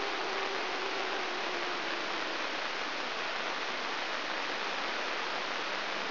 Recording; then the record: brain microelectrode recording played as sound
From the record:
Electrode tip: inside the subthalamic nucleus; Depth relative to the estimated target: -3 mm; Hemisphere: right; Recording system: AlphaMap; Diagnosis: Parkinson's disease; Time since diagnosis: 26 years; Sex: female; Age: 68 years